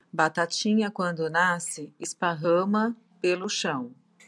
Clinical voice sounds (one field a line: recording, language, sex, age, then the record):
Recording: short text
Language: Brazilian Portuguese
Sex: female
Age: 40 to 49 years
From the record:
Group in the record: control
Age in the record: 46 years